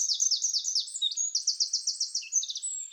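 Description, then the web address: Eurasian wren song, a rapid, high-pitched stream of repeated trills and sharp descending notes, delivered in fast bursts with a brief lower note near the end. "Troglodytes troglodytes"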